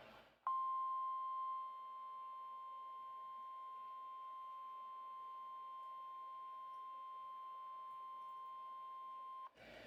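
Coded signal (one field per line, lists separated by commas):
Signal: Emergency Alert System (SAME) tones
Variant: 1050 Hz attention tone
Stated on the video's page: Severe Thunderstorm Warning EAS activations from NWS Milwaukee/Sullivan, captured off a Midland WR120BEZ weather radio with a phone voice recorder beside it.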